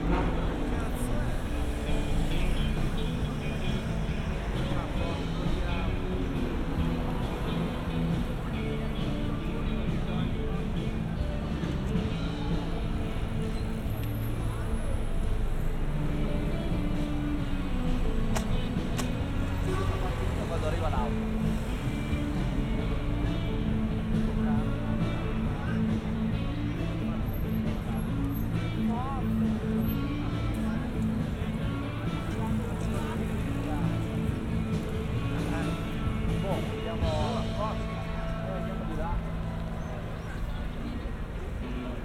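A busy Saturday night in London's West End: a constant crowd murmur of many overlapping voices fills the whole stretch, with traffic rumbling low underneath. The level stays steady throughout, with no single event standing out from the dense babble.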